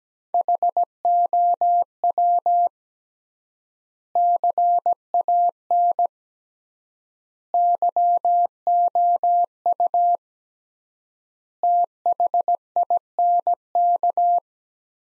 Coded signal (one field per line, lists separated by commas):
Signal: Morse code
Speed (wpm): 17 wpm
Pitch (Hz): 700 Hz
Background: none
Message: HOW CAN YOU THINK